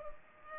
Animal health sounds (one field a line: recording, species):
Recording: mosquito wingbeat signal from an infrared sensor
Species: Culex pipiens